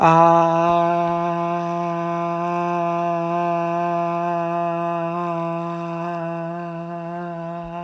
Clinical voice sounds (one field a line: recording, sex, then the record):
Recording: sustained vowel /a/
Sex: female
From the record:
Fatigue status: no fatigue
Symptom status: asymptomatic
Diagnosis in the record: COVID-19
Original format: m4a